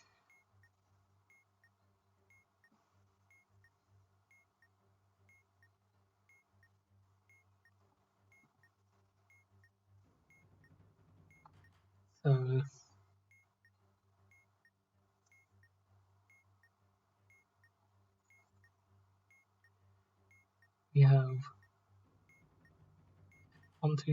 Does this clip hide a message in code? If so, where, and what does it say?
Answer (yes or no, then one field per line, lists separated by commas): no